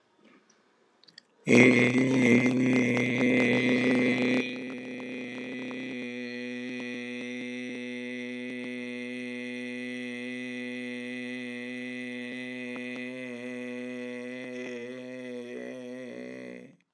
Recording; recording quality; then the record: sustained vowel as in made; excellent, no background noise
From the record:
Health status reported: healthy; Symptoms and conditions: hypertension, diabetes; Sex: male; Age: 64 years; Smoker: not ticked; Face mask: not worn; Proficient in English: yes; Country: India